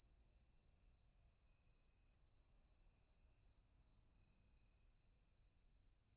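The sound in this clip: Cricket chirping, high and metallic, pulsing regularly about twice each second against a faint low background drone.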